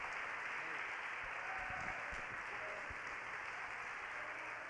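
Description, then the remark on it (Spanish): A crowd applauds loudly and steadily to the glory of the Lord, a dense wash of many hands clapping that holds an even intensity throughout, with faint voices mixed into the noise. “Dale un aplauso fuerte a la gloria del Señor.”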